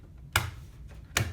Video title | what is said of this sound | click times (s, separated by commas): Complete Qolsys IQ Panel 2 Security System with Alarm.com Cameras by Security AllStar | we push it flat on the bottom snap into place | 0.4 s, 1.2 s